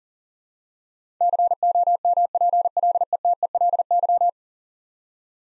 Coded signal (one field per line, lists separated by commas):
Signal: Morse code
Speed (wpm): 37 wpm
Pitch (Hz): 700 Hz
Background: none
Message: COMPLETELY